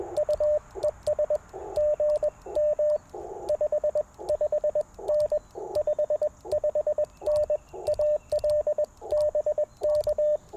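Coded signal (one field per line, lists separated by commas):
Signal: Morse code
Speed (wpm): 21 wpm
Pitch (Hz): 600 Hz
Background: radio noise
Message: UES GM 55N 55N AL BK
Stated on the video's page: QRP CW Parks on the Air activation with an Icom IC-705, Modern Morse Nameless key, Packtenna random wire and Elecraft T1 tuner.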